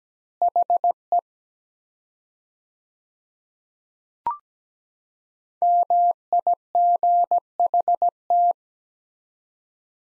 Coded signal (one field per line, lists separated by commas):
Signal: Morse code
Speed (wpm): 17 wpm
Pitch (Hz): 700 Hz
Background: none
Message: HE MIGHT